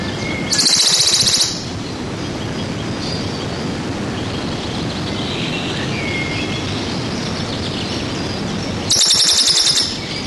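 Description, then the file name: Western Bonelli's warbler song: two brief, dry, high trills of rapid notes about eight seconds apart, with steady hissing noise between them. "Berglaubsaenger"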